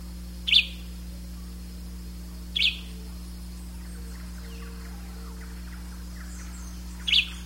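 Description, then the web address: Bird chirps, three brief high notes spread across several seconds, steady low hum underneath. "BIRD 2015 SABIOD"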